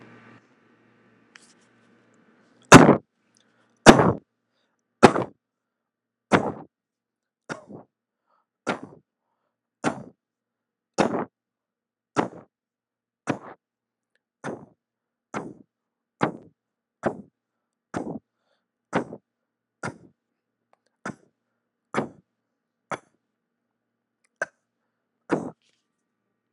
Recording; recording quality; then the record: counting at a normal pace; poor, much background noise or distortion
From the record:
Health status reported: healthy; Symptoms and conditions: diabetes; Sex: male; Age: 42 years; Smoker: not ticked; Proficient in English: yes